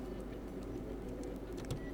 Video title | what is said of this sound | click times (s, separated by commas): AGM H6 – How to Connect Wired Headphones (3.5mm Jack) | and just plug it in, make sure it clicks. | 1.7 s